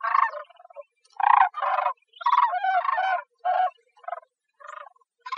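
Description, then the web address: Bird repeating loud, raucous squawks in an irregular series, some notes paired closely, others spaced about half a second apart. Costa Rica. "birdvocals CR SACR 1 A 021106"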